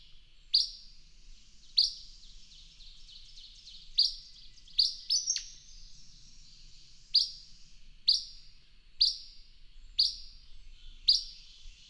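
Bird song: high chirps with trailing tones, mostly about a second apart with some longer gaps, and a short burst of quicker notes midway.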